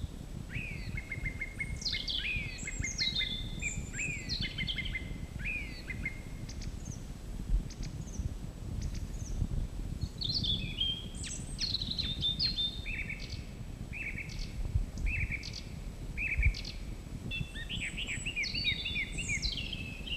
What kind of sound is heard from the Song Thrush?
song